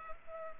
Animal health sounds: mosquito wingbeat signal from an infrared sensor; Culex pipiens

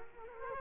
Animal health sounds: mosquito wingbeat signal from an infrared sensor; Culex quinquefasciatus

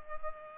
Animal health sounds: mosquito wingbeat signal from an infrared sensor; Culex pipiens

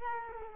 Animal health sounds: mosquito wingbeat signal from an infrared sensor; Culex quinquefasciatus

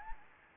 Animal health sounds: mosquito wingbeat signal from an infrared sensor; Anopheles gambiae

